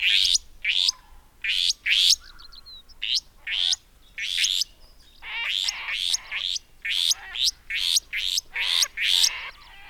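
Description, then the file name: Restless flycatcher calls: rapid series of harsh, rasping buzzy notes repeated in quick bursts, several per second, with brief pauses between groups. "Myiagra Inquieta"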